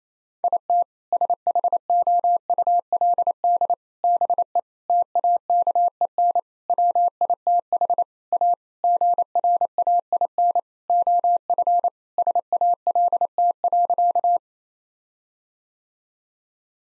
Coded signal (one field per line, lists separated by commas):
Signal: Morse code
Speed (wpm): 28 wpm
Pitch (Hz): 700 Hz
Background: none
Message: IT SHOULD BE TAKEN WITH A GRAIN OF SALT.